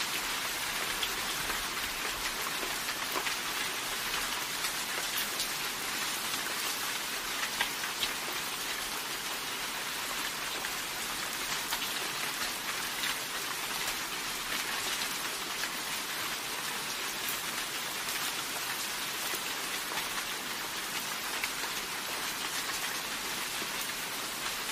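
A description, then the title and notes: Steady, dense rain falls without a break, a bright hiss of countless drops pattering on a surface. The level holds even for the whole stretch, with only faint flickers of heavier drops and little in the low range. Rain & Thunder White Noise Sound Machine. Rain and Thunder Sounds.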